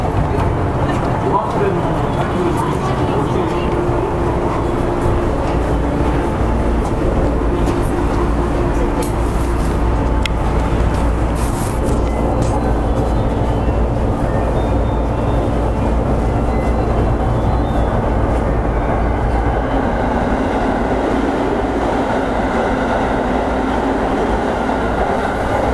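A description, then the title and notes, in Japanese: A JR West 103 series local train runs along the Hanwa Line with a steady, dense rumble and constant low hum. Faint whining tones drift through the ride, and brief bright rattles and squeaks flare around 10 to 12 seconds before the running noise settles again. JR西日本 103系電車の走行音です。阪和線の普通列車で録音しました。区間は、鶴ヶ丘から堺市までです。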